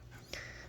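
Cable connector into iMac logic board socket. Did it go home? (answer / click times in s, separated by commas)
yes / 0.3 s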